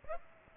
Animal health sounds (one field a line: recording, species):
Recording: mosquito wingbeat signal from an infrared sensor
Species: Aedes aegypti